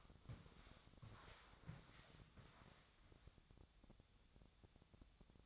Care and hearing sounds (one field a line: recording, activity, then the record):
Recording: daily activity, microphone in the room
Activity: walk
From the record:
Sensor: 3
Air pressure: 1000.5 hPa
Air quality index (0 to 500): 166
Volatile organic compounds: 3 ppm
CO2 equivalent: 1450 ppm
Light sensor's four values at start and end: 18/46/19/21 and 19/49/20/22